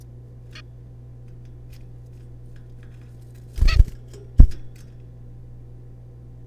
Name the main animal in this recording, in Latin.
Taeniopygia guttata